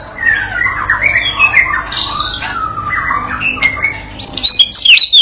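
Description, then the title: White-rumped shama song: a steady stream of varied warbled and slurred phrases, ending with a louder cluster of high twittering notes. Masteran pancingan: a tutor recording played to a young bird (paud) to get it singing actively (gacor) and answering straight away. "MURAI BATU PAUD BELAJAR GACOR, AJARI DENGAN MASTERAN PANCINGAN INI, PANCING LANGSUNG NYAUT"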